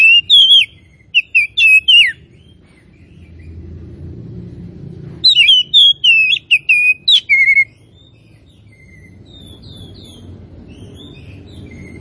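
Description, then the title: Oriental magpie-robin song in two bursts of rich, varied whistles and sharp chirps, separated by a quiet pause with low background hum. Tretes; bird described as singing actively (gacor). "Kacer Tretes Gacor"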